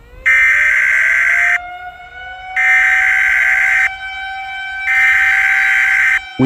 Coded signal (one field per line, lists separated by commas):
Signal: Emergency Alert System (SAME) tones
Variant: header bursts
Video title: EAS SCENARIO 6: Derrick's Rampage